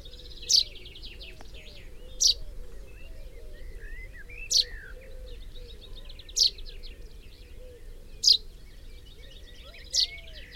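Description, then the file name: Common chaffinch uttering bright, clipped call notes roughly every two seconds, six in all, over faint trills and steady low background noise. "Fringilla coelebs"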